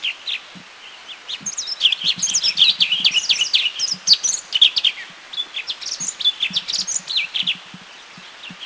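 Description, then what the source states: Orange-bellied leafbird giving rapid, varied high chirps and short whistled notes in quick irregular bursts, with fainter low taps beneath. Recorded in Thailand.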